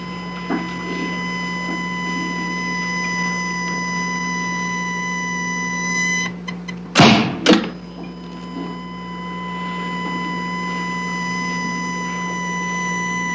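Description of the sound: A steady high-pitched electronic whine of a medical defibrillator charging cuts off, then two sharp thumping discharge bursts follow. The tone resumes afterward over a low room hum.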